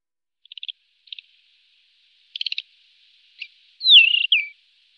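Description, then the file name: Desert wheatear giving soft ticking buzzes, then a clear whistled phrase that slides down and ends with a short lower note. "Okenstenskvatta"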